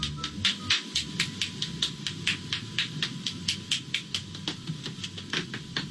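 An adult Swedish man cracking joints throughout his body, part of a run of 46 joints cracked one after another: a rapid, somewhat irregular series of sharp, crisp pops from joint cavitation, about two per second, each a brief broadband click.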